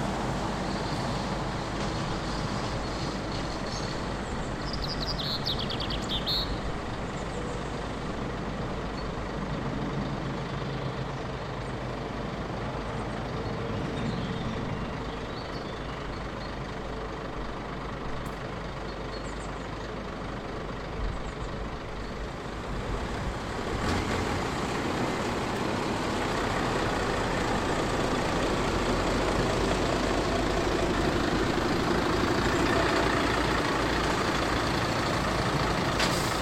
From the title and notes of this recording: (De Veluwe, May 21st 2014). Recording made while having a short break at the ‘Motorway Service Area Lucasgat’ on the A1 highway from Amersfoort to Apeldoorn. I placed my Zoom recorder for short time on the roof of my car.